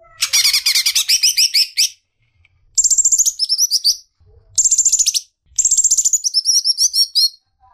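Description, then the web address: Greater green leafbird song: a dense rapid chatter, then three short phrases of fast high notes that each descend, with short gaps between. "suara burung cucak ijo"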